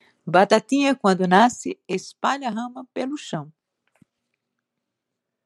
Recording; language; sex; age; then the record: short text; Brazilian Portuguese; female; 60 to 69 years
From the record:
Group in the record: control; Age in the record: 67 years